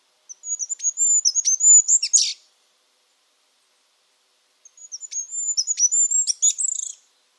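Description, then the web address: Bird singing two matching phrases separated by about two seconds of silence. Each has high thin whistles with sharp chips and closes in a buzzy flourish. "cianscape. Deverinetal 2025. Bird Only"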